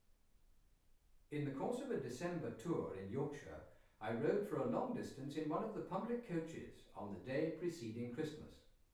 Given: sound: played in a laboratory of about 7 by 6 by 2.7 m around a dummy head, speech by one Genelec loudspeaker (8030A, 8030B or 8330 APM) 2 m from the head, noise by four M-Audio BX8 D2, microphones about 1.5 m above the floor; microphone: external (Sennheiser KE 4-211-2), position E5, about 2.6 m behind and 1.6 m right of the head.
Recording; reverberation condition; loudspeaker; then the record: male speech in English; medium; 60 degrees to the left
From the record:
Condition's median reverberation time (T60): about 510 ms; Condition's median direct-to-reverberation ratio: about -0.5 dB